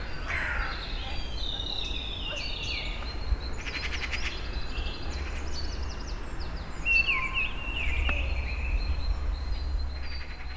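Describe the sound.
Birds chirping: mixed short tweets, brief trills and a few whistled slurs from several birds, with a steady low rumble throughout.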